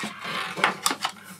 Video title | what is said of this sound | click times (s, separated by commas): EP#87: Jaw-Dropping Tech of the Month - December 2023 | on like so they will just click into place you heard that click | 0.6 s, 0.9 s